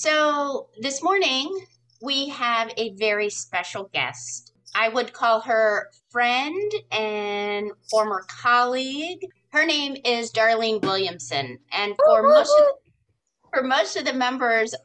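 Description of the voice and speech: A woman speaks clearly and fluently in a quiet room, introducing a guest with natural intonation and ordinary phrasing pauses. There is one brief hesitation and a phrase restart, both within normal conversational speech. This is typical adult speech.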